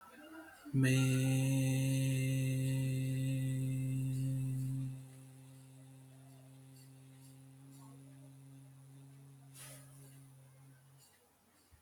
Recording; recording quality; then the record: sustained vowel as in made; excellent, no background noise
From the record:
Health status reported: healthy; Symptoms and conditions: none ticked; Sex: male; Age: 27 years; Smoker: not ticked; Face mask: not worn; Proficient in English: yes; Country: India